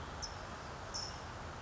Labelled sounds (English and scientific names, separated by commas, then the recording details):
California Towhee (Melozone crissalis)
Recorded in Sonoma County, California